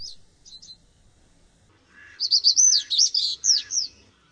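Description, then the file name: Common reed bunting singing: a few soft opening chips, then one brisk phrase of scratchy, tumbling notes. "POTRZOS"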